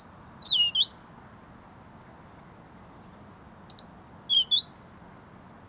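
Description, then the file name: European robin producing thin, high whistled notes that swoop up and down, a pair at the start and another pair near the end, plus brief ticks. "Erithacus rubecula"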